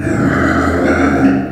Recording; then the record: squeal of a Yucatan mini pig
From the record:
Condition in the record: after surgery on the right vocal fold (resection and tissue-engineered implant); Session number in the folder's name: 3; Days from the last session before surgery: 21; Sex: female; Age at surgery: 19 weeks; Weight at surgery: 25 kg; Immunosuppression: prednisolone